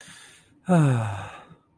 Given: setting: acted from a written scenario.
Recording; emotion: vocal sound without words; pride